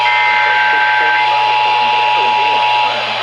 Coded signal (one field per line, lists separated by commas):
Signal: Emergency Alert System (SAME) tones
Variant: 853 and 960 Hz attention tone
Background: speech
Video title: MY DREAMSKY IS ACTIVATED... EAS Alerts From 6/19/26 (EAS#6,106 - 6,125)